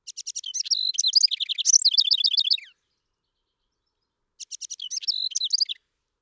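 House wren song: a long tumbling series of rapid buzzy trills and chatters, followed after a short silence by a shorter bubbling phrase.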